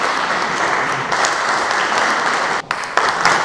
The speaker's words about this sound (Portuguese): Teremos, obviamente, é de por todo o gosto da assistência e o poder dar mais palmas de acompanhamento.